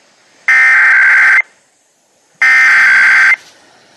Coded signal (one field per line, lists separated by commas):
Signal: Emergency Alert System (SAME) tones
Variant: header bursts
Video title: NJ - REQUIRED MONTHLY TEST RADIO (EAS #14)